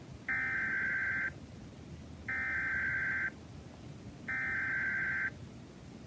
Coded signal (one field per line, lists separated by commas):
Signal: Emergency Alert System (SAME) tones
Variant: header bursts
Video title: EAS TOR (From OUN) 3/5/26 8:05 PM CST (Credit Goes To @SouthernPennsylvaniaWX/@KanawhaCountyWX)